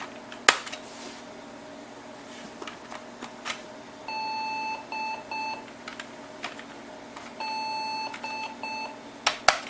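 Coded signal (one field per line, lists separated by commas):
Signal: beep code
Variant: PC BIOS POST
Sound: electronic beeper plays one long then two short beeps, repeated twice, with clicks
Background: room hum, mechanical clicks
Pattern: 1 long, 2 short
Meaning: Video adapter not initializing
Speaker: we're getting the whole video not initializing beep. Well, that's fun.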